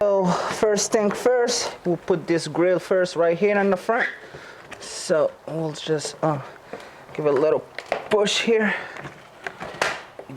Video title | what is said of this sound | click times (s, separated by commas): 10th gen Civic Si gets Type R style Front Lip installed, Aggressive Transformation! | Then, so when you hear that click, bam, you heard that? | 9.5 s, 9.8 s